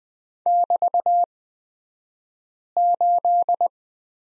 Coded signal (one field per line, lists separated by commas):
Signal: Morse code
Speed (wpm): 20 wpm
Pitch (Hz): 700 Hz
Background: none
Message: <BT>8